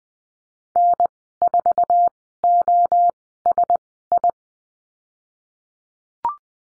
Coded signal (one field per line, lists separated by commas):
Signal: Morse code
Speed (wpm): 20 wpm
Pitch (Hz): 700 Hz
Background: none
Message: N4OSI